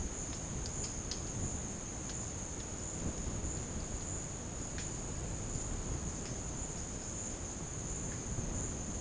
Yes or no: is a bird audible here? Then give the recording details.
no. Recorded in dense forest near Puerto Asís, Putumayo, Colombia, on 25 June 2025 at 12:00. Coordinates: 0.486, -76.317. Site G065